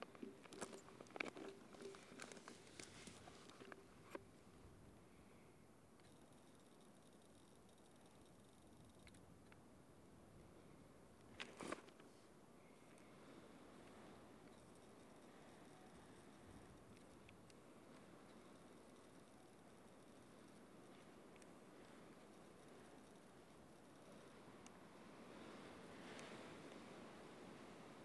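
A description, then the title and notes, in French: Wind passes high over the stones of the Dentelles de Montmirail as a steady, low rushing that swells slightly toward the end. Scattered clicks and rattles from handling the camera and recorder crowd the first four seconds, with a sharp burst near twelve seconds. Promenade dans le sud de la France, outils au poing; les bruits de l'appareil photo et de l'enregistreur s'invitent au coeur de matières sonores minérales et aériennes. Inlassablement on écoute le chant des pierres des Dentelles de Montmirail et du vent qui passe haut.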